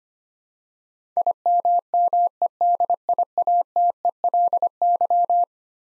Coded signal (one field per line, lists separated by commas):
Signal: Morse code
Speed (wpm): 25 wpm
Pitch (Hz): 700 Hz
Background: none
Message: IMMEDIATELY